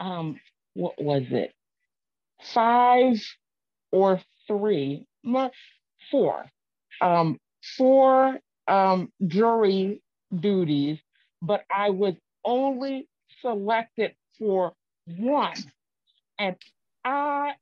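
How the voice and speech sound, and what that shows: An adult woman with aphasia after a stroke speaks haltingly, with long pauses, repeated 'um' fillers and mixed-up numbers, showing the word-finding difficulty typical of aphasia.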